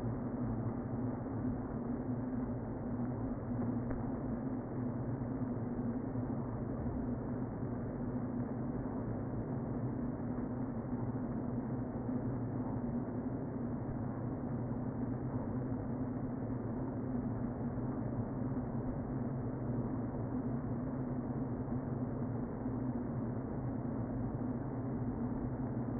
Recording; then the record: honeybee colony, microphone inside the hive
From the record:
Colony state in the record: queen present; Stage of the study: before two queens were removed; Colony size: about 60,000 bees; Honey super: yes